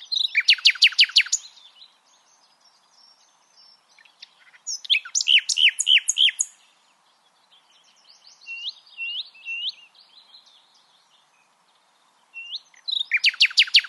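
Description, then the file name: Common nightingale singing loud rapid repeated notes, a pause, a varied chattering phrase, soft upslurred whistles, then another fast repeated burst. "Luscinia megarhynchos"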